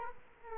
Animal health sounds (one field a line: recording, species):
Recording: mosquito wingbeat signal from an infrared sensor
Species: Culex quinquefasciatus